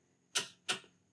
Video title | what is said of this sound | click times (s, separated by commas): I Found the almost PERFECT Tires for Tesla? (FALKEN FK460 Silent Core 50K Miles) | it's going to click. It's going to click. So you know that we have torqued that to the limit. | 0.4 s